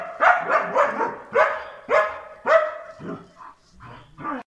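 German Shepherd giving a burst of loud barks, then a few softer, shorter yelps.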